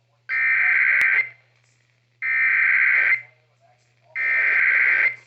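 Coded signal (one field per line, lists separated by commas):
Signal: Emergency Alert System (SAME) tones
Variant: header bursts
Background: speech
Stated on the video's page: Real EAS tones from severe weather alerts.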